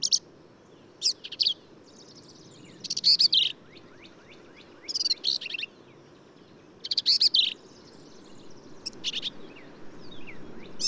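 Black-capped vireo song: short, harsh, buzzy and chattering phrases of varied notes, separated by brief pauses.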